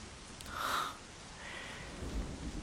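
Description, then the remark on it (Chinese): Steady rain hisses throughout, and low thunder rumbles swell twice beneath it, with no one speaking. “薛九瑶，万里无云的天气放风筝不是什么英雄，你若是想要求雷，这会儿正是好机会。”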